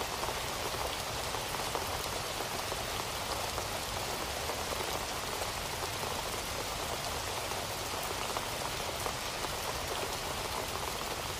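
Heavy rain falls steadily in a rainforest, a dense, even hiss with no pauses or swells across the whole stretch. Countless close drops patter on leaves and surfaces, bright and crisp, over a softer low rumble of water.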